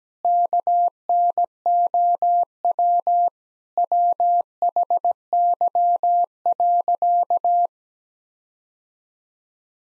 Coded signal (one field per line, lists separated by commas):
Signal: Morse code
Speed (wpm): 17 wpm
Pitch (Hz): 700 Hz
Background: none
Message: KNOW WHY.